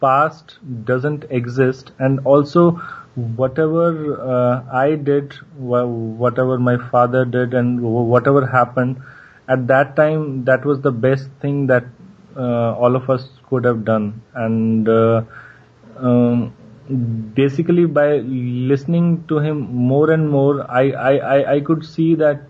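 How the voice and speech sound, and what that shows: Mostly fluent speech from a 27-year-old man who stammers, with a brief word repetition, 'I, I, I could', typical of stuttering.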